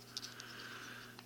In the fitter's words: It makes a nice clicking noise when he pegs.